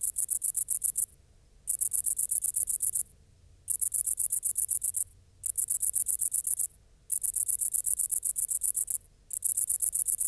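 Great green bush-cricket song: piercing high buzzy trills repeated in bursts of one to nearly two seconds, each followed by a short silent gap.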